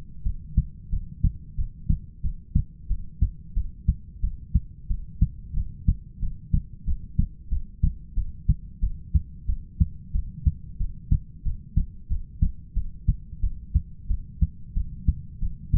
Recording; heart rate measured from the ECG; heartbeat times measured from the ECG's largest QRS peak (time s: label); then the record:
heart sounds by stethoscope; 91 bpm
0.24 s: heartbeat
0.91 s: heartbeat
1.57 s: heartbeat
2.22 s: heartbeat
2.89 s: heartbeat
3.55 s: heartbeat
4.22 s: heartbeat
4.88 s: heartbeat
5.55 s: heartbeat
6.21 s: heartbeat
6.86 s: heartbeat
7.50 s: heartbeat
8.15 s: heartbeat
8.81 s: heartbeat
9.47 s: heartbeat
10.13 s: heartbeat
10.79 s: heartbeat
11.44 s: heartbeat
12.09 s: heartbeat
12.75 s: heartbeat
13.41 s: heartbeat
14.08 s: heartbeat
14.75 s: heartbeat
15.40 s: heartbeat
From the record:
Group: heart failure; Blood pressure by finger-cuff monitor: 99/71 mmHg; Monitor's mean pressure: 82 mmHg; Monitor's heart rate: 90 bpm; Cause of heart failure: ischemic heart disease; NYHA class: 1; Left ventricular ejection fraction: 38%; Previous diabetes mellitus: present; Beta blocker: bisoprolol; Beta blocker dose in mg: 15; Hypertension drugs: sacubitril-valsartan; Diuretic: furosemide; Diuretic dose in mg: 20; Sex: male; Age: 33 years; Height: 172 cm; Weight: 78.5 kg